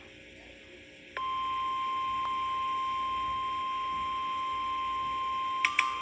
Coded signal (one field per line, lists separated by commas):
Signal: Emergency Alert System (SAME) tones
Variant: 1050 Hz attention tone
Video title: Eas Alert 7 Thunderstorm Warning